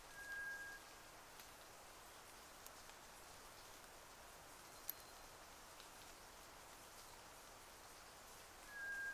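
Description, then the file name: White's thrush song: two long, thin, level whistles on the same low pitch, one at the start and one at the end, over steady hiss and scattered drips. Recorded at night, 02:44, on 31 May 2009. "toratugumi-20090531-0244"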